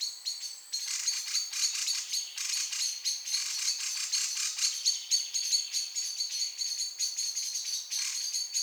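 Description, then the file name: Common blackbird calling, with dense high chattering and clipped notes in irregular bursts. "Turdus merula"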